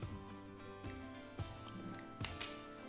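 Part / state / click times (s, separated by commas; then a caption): RJ45 plug crimped onto a UTP cable in a crimping tool / seated / 1.0 s, 2.2 s, 2.4 s. An RJ45 plug on a UTP cable is squeezed in a crimping tool, giving sharp, loud clicks at 1.0, 2.3 and 2.4 seconds over background music. The plug is seated, and the straight-type cable is finished.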